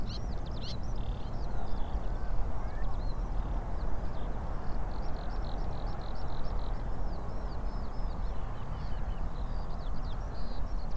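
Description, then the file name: Eurasian oystercatchers calling, many thin, arched piping notes tumbling over each other almost continuously, above a heavy low rumble. Several birds at Rye Harbour river mouth, recorded 9 May 2022. "220509 0057 Rye Harbour river mouth Oystercatchers"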